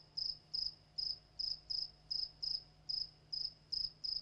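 Cricket call of brief, shrill chirps, repeating regularly two or three times a second with a soft background hum.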